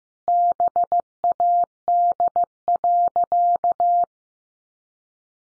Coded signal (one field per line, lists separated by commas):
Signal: Morse code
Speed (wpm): 15 wpm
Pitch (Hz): 700 Hz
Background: none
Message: BAD.